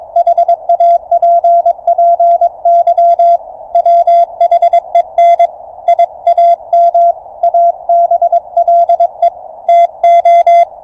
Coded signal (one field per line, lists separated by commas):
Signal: Morse code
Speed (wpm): 22 wpm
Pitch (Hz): 690 Hz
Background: radio noise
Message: HAPPY WHEN I AM ABLE TO